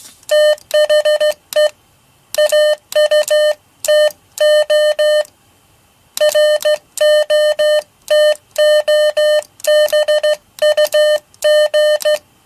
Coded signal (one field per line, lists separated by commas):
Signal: Morse code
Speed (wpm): 14 wpm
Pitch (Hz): 600 Hz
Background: none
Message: THE AUTO ROTOBUG